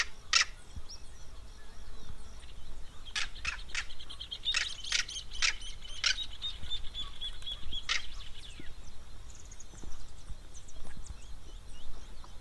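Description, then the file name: Southern crested caracara giving a dry, clattering run of rasping notes, with a high insect drone. Recorded in the Pantanal. "Carcara"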